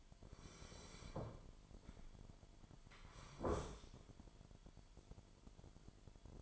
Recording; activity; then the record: daily activity, microphone in the room; sit down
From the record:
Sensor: 5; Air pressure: 998.6 hPa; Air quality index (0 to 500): 88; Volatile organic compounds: 2 ppm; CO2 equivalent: 1016 ppm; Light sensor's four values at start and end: 33/80/33/37 and 33/80/33/37